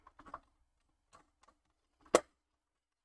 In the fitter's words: okay i can always hear that clicking nicely into place